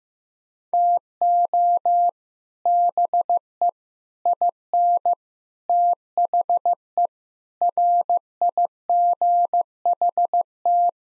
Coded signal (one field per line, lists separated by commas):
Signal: Morse code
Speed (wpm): 16 wpm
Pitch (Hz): 700 Hz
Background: none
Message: TO BE IN THE RIGHT